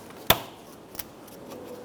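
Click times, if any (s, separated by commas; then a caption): 0.3 s. A door wiring harness connector on a 2005-2015 Toyota Tacoma is pushed into its mating body-side harness connector during a front door hinge replacement. It gives one sharp, bright click at 0.3 s, followed by a fainter tick at 1.0 s. The connector is seated and locked in.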